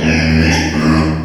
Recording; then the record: squeal of a Yucatan mini pig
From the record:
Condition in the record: before surgery on the right vocal fold (resection and tissue-engineered implant); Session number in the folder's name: 2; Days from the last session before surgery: 0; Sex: male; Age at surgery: 12 weeks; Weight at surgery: 13 kg